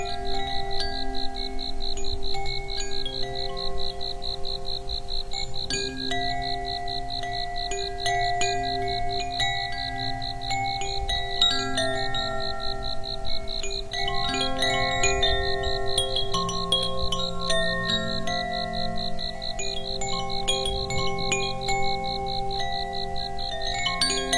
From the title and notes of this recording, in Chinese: 静夜风铃动。